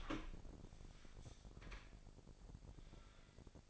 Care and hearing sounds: daily activity, microphone in the room; open door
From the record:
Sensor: 5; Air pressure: 1012.4 hPa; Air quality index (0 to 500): 158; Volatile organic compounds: 2 ppm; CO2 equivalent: 1077 ppm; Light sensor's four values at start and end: 213/516/217/236 and 220/536/225/246

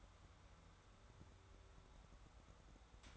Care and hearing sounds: daily activity, microphone in the room; take from stove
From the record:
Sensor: 3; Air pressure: 1010.3 hPa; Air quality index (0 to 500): 166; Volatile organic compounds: 9 ppm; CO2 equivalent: 2178 ppm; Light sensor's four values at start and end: 50/124/54/61 and 51/125/55/61

